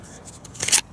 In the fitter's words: right so it's very easy uh to deploy the blade snaps into place